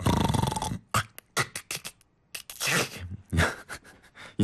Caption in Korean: 좁아진 기도가 떨리면서 드렁 이러시는 분들 계시죠? 이렇게 이런 소리가 반복적으로 나는 현상이 있습니다. 단순한 잠버릇으로 생각하기 쉽지만 심한 경우 수면 무호흡증과 연결되기도 한다고 합니다. 특히 음주나 피로, 비만 때문에 더 심해질 수 있는 이 수면 중 호흡 소리는. 3번 코골이.